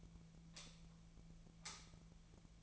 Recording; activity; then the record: daily activity, microphone in the room; light off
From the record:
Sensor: 1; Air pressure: 1009.8 hPa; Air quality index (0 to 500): 190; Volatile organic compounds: 18 ppm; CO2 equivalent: 2603 ppm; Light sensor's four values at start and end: 46/133/54/62 and 35/90/37/45